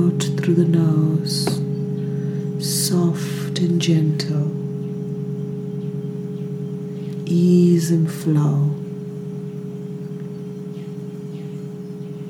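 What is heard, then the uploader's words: Ancient singing bowls hold a steady low ringing tone with a few faint higher overtones running underneath the whole time. Short bursts of speech-like sounds and hissy noises come in the first four seconds and again around seven to nine seconds, then the hum continues alone. The sound from the ancient singing bowls.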